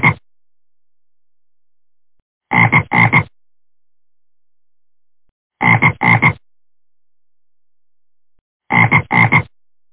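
Frog giving paired, raspy croaks that recur about every three seconds, starting with a cut-off croak, against an otherwise silent background.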